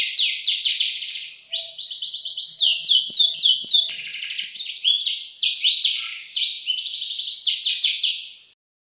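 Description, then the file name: Atlantic canary song of quick repeated trilled phrases, bright and unbroken, each roll giving way to the next with hardly a pause. Competition canary, winner of a 2015 songbird contest. "kenari-james-bond-jawara-piala-raja-2015"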